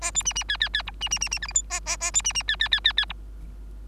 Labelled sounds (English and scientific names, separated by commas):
Bengalese Finch (Lonchura striata domestica) song